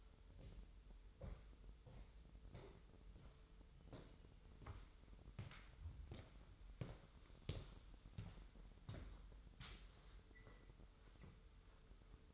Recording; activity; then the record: daily activity, microphone in the room; walk to room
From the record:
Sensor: 3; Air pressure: 988.2 hPa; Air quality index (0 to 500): 183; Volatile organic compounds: 198 ppm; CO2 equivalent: 4207 ppm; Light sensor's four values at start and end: 24/75/31/27 and 24/74/31/27